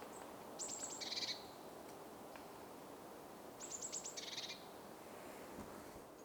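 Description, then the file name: Eurasian blue tit giving two scolding calls: sharp high ticking notes followed by a short buzzy rattle, separated by a few seconds of quiet hiss. "Cyanistes caeruleus"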